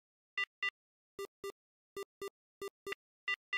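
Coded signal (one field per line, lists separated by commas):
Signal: none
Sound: distorted ringtone beeps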